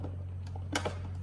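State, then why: Seated. A plastic side marker lamp is slid into an LED turn signal housing on a Jeep JL Wrangler (Morimoto XB LED turn signal and side marker install) after its tabs are lined up. It seats with a sharp click at 0.8 s, followed by a smaller one at 0.9 s, over a steady low hum. The lamp is confirmed in place.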